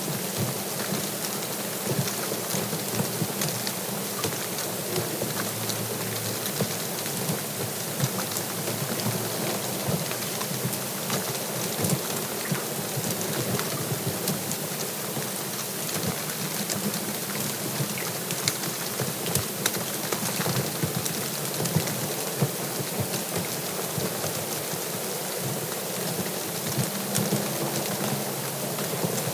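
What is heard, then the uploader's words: Snow falls on the deck of the cabin as a dense, steady patter of tiny ticks and soft hiss that never lets up. Fine crackles scatter evenly throughout, with a faint, constant low hum underneath and no distinct events standing out. A Snowy Cabin (Black Bear Lodge in Baldwin, MI). Gently falling snow outside of a cozy remote cabin. It was recorded with my my Sound Devices MixPre 6 and used both my Sennheiser MKH 416 shotgun mic. Snow gently falling on the deck of the cabin.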